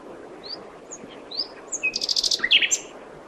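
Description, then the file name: Common nightingale song: a few thin whistled notes, then a fast loud burst of rattling, buzzy repeated pulses over a steady background hiss. "Luscinia megarhynchos"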